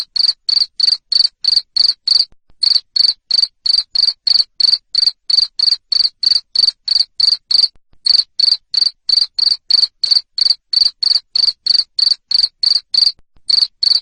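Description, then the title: Cricket chirping steadily, bright high pulses about three a second, interrupted by two brief silences. Loud cricket chirping (ngerik), used to make lovebirds keep singing their ngekek song. "Suara JANGKRIK NGERIK Keras Bikin LOVEBIRD Jadi NGEKEK Terus Vubey"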